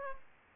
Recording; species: mosquito wingbeat signal from an infrared sensor; Aedes aegypti